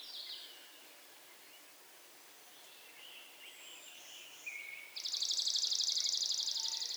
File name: Golden winged Warbler Vermivora chrysoptera x cyanoptera